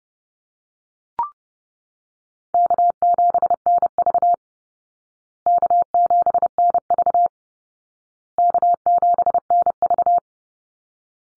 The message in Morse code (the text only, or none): K7NV K7NV K7NV